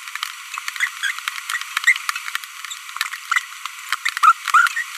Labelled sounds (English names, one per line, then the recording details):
Green-rumped Parrotlet babbling
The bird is a female
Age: 25 days
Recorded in a nest box in Venezuela
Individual 17B42B1